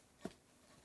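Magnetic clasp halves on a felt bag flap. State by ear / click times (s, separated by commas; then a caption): seated / 0.2 s. A metal magnetic snap clasp fitted to a felt bag flap is closed, and its two halves snap together. A single short, sharp click lands at 0.3 s, with most of its energy in the low-mid range. The rest of the clip is quiet background, and the clasp is shut.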